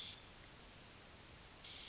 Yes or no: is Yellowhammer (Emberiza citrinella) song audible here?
no